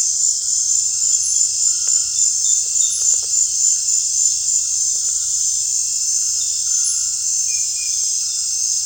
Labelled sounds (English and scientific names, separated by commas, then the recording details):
none
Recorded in dense forest near Puerto Asís, Putumayo, Colombia, on 29 June 2025 at 19:00
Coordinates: 0.468, -76.322
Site GP03